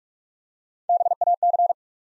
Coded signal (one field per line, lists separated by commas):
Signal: Morse code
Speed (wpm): 44 wpm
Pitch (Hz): 700 Hz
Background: none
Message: BAC